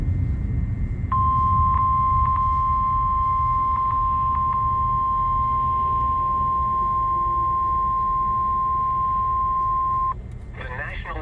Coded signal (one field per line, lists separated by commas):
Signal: Emergency Alert System (SAME) tones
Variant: 1050 Hz attention tone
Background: speech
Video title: WOW AN EAS ALARM ON USA!